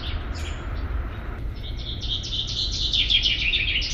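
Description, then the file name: Common chaffinch, quick repeated high chips starting faint and growing denser toward the end, with constant low rumble beneath. "Fringilla coelebs"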